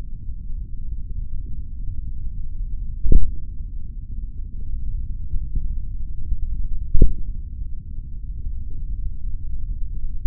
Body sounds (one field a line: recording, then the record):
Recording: forearm muscle sounds (acoustic myography)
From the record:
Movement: hand opening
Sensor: system 3, bracelet of six PUI Audio POM-2738L microphones around the upper forearm, with dedicated amplification and filtering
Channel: 1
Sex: male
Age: 26 years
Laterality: right